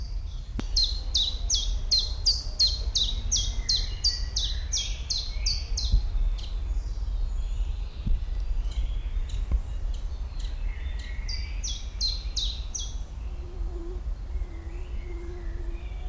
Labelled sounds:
Common Chiffchaff (Phylloscopus collybita)

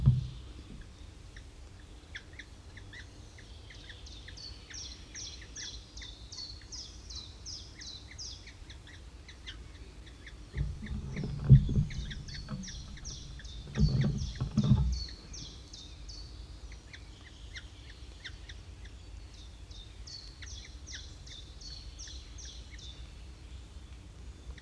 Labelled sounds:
Grey-headed Woodpecker (Picus canus) call

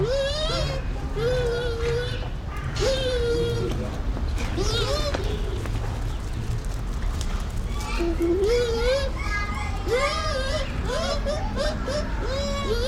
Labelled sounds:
Bush Dog (Speothos venaticus)

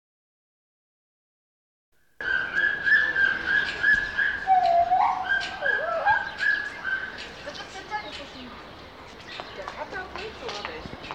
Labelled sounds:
Pileated Gibbon (Hylobates pileatus)

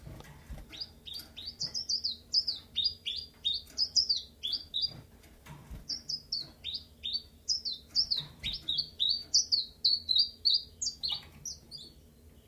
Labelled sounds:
Common Chiffchaff (Phylloscopus collybita)

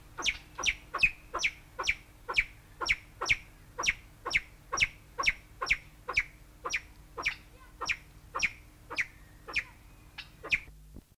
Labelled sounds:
Crested Fireback (Lophura ignita) call

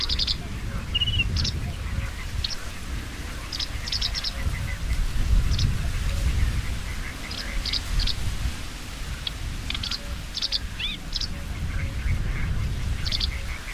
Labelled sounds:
Sedge Warbler (Acrocephalus schoenobaenus) song

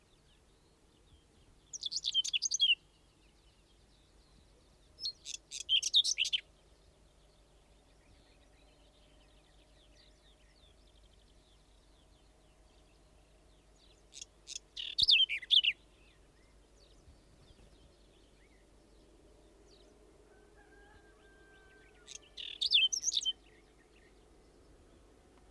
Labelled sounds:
Whinchat (Saxicola rubetra) song

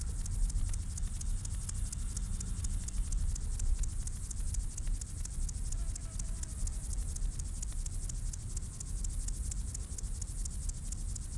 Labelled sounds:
Upland Field Grasshopper (Chorthippus apricarius) stridulation

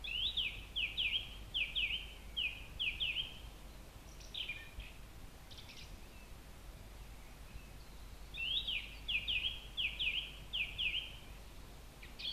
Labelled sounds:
Song Thrush (Turdus philomelos) song

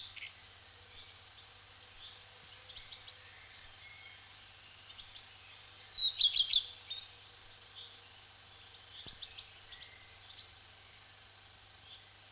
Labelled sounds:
Common Redstart (Phoenicurus phoenicurus) song

